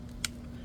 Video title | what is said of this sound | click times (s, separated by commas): How to replace small odometer display information screen Ford Focus ST and other models SE Titanium | with it. that, you know, all these tabs need to push in gently and you'll hear them click into place | 0.2 s